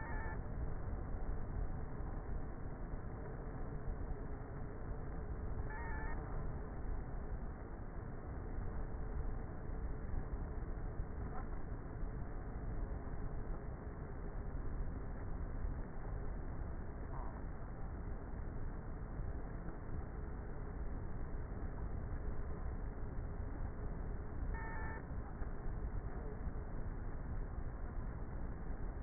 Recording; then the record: honeybee colony, microphone inside the hive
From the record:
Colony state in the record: queenless with a low population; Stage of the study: before two queens were removed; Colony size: about 30,000 bees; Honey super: no